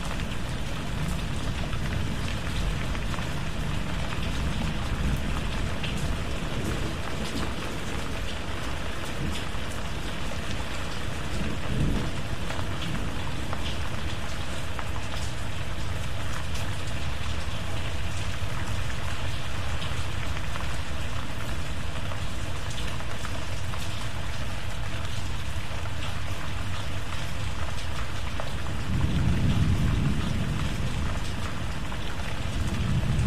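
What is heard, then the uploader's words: Rain falls steadily and densely throughout, a constant hiss spread across high and low tones with fine crackling drops. A deep rumble of thunder swells near the end, around thirty seconds, rolling low beneath the rain. Sleep Sounds Rain And Thunderstorm White Noise.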